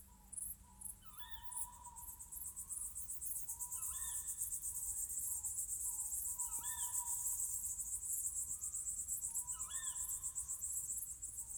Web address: Ivo Vicic - Natural ambiences vol 1 Crickets_owls_summer night